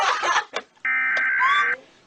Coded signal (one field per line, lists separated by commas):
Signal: Emergency Alert System (SAME) tones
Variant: header bursts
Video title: People getting scared of EAS alarms!